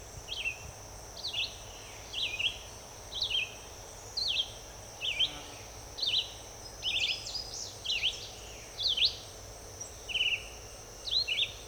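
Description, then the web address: Red-eyed vireo singing a long run of brief, varied whistled phrases, about one per second, some up-slurred and some down-slurred, against a constant thin high drone. "birds vireos"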